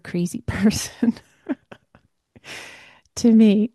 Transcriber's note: laughs